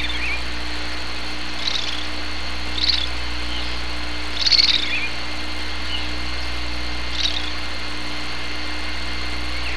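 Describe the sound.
Bird calls: short high chirping bursts at irregular intervals over a steady low hum.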